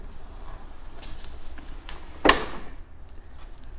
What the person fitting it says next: and that locks in place